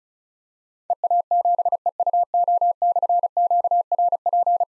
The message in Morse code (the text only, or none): EA7EUO/QRP